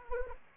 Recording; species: mosquito wingbeat signal from an infrared sensor; Anopheles gambiae